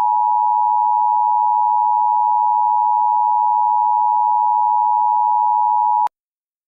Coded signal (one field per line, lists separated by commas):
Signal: Emergency Alert System (SAME) tones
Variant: 853 and 960 Hz attention tone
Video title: Mock EAS Scenario - Food poisoning